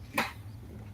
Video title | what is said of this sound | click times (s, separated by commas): Live Chest Day Workout With Coach Mike | pops right in super cool feature | 0.2 s